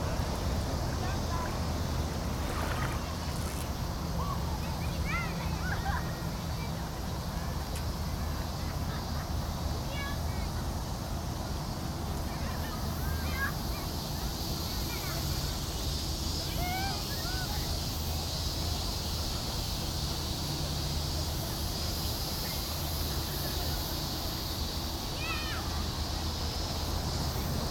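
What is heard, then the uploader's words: At Odaiba Kaihin Park by the sea, a steady mix of voices from children and families murmurs throughout. Short chirps and high calls pop up every few seconds, over a constant low rumble, with a faint soft hiss of water underneath. Field-recorded at Odaiba Kaihin Park, Tokyo. There were many voices of children and family in this seaside.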